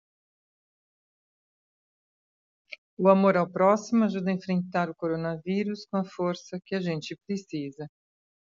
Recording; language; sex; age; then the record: spoken sentence; Brazilian Portuguese; female; 50 to 59 years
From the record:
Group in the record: control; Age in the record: 54 years